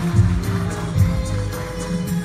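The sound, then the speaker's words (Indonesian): A crowd applauds and cheers at the Republika 2017 Tokoh Perubahan award ceremony as Ustaz Abdul Somad is presented, in a steady, dense wash of clapping that holds for the whole stretch, with low, booming music tones sounding underneath. “Kita beri tepuk tangan, inilah dia Ustaz Abdul Somad”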